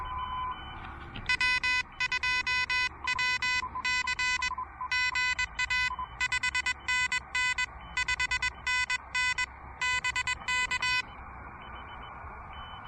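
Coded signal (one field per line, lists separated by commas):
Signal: Morse code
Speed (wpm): 20 wpm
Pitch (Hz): 2000 Hz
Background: none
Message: W2WC GA 5NN 5NN BK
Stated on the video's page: Morse from a pedestrian mobile POTA park activation with an Elecraft KH1.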